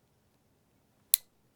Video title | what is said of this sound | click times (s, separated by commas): How To Repack The Alpinestars Tech Air 5 Plasma Airbag System from SportbikeTrackGear.com | Very loud, audible click indicates the connector is on. | 1.1 s